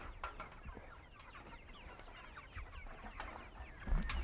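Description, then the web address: Chicken clucks from several birds, busy overlapping chatter of short notes throughout, with a few dull low thumps near the end. Chickens at a goat farm. "Sky Cloud Audio Post Production ATFT GOAT FARM SOUNDS Chickens"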